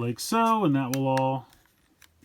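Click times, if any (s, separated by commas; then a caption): 2.0 s. Someone talks for the first second and a half, then the folded plastic tail pieces of a transforming action figure are pegged into each other. A faint tick is heard at 1.7 s, and a short, sharp click at 2.0 s as the pieces seat in place.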